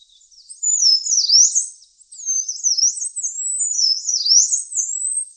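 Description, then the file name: Yellow-browed warbler song: two bursts of very high, thin, sweeping notes that slide up and down in quick wheezy runs, separated by a short pause. "Penochka zarnichka"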